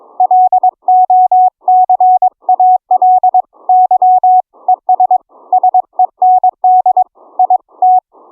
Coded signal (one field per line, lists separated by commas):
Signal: Morse code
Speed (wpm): 22 wpm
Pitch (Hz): 740 Hz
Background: none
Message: LOCAL YES SEND IT